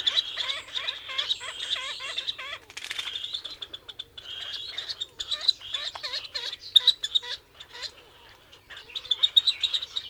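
Grebe calling, a run of short, evenly repeated hooked notes for a few seconds, then more irregular calls.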